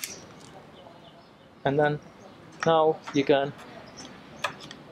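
The safety on the detachable trigger group of a Beretta DT10 shotgun is pushed forward until the black dot shows, giving a faint half click at 0.0 s, a partial detent while the trigger group is being put back in. Someone then talks, and a few light taps follow, the sharpest near 4.5 s.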